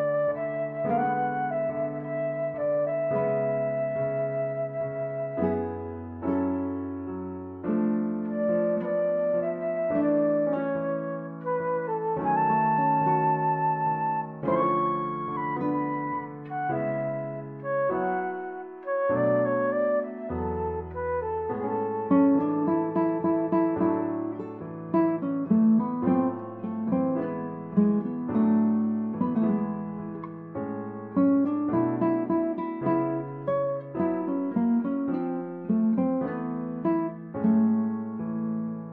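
A soundtrack piece with sustained melodic notes over a low bass line, holding a fairly even volume throughout. After about 22 seconds the texture grows busier, with quicker repeated notes and more rhythmic movement in the middle and upper parts.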